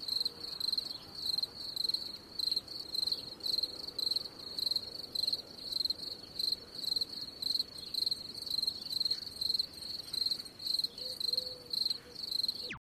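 A cicada chirps steadily with a shrill, high-pitched buzz, pulsing in a quick regular rhythm for the whole stretch, with no voices.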